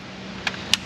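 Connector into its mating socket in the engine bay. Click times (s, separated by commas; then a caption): 0.5 s, 0.7 s. On a 2006 Pontiac Montana, a connector for the power assist pump is lined up the right way and snapped into its mating socket in the engine bay. Two sharp clicks are heard at 0.5 s and 0.7 s, the second louder, over a steady low background hum. The connector locks into place.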